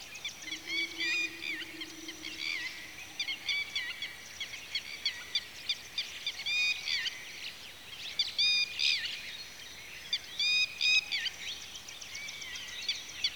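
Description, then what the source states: Birds chirping repeatedly in lively bursts, high clipped notes from many callers, with a brief low droning hum early on. Birds at a watering hole in the afternoon.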